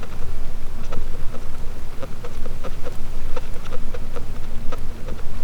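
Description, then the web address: Sperm whale clicking: brief sharp ticks, several per second at times and uneven, set against steady deep rumble and hiss. "Physeter Macrocephalus clean cachalot positif"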